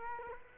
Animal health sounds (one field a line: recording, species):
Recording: mosquito wingbeat signal from an infrared sensor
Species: Culex quinquefasciatus